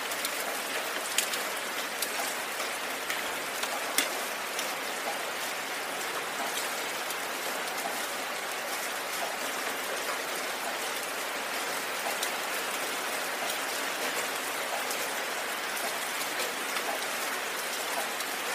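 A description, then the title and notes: Gentle rain falls steadily throughout, a dense, even hiss with many fine drop patters in the upper range. A few slightly louder drips stand out, around one and four seconds in, but the level otherwise stays constant with little low rumble. The gentle raindrops.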